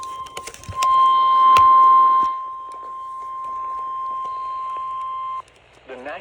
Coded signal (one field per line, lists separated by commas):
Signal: Emergency Alert System (SAME) tones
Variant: 1050 Hz attention tone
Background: speech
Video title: Severe Thunderstorm Warning (EAS #79)